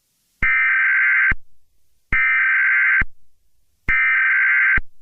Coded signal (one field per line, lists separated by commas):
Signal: Emergency Alert System (SAME) tones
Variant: header bursts